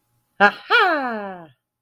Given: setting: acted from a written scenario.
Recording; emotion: vocal sound without words; triumph